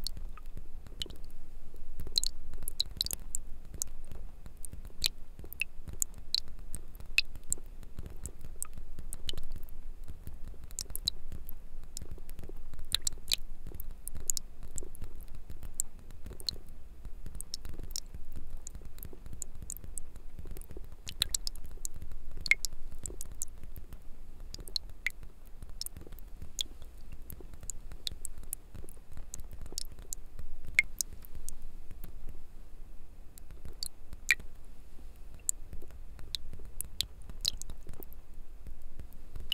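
Water drops fall and sprayers hiss in a steady, dense patter, with many sharp, bright ticks scattered irregularly across the whole forty seconds. A low, constant rumble sits underneath, and the overall level barely changes from start to finish.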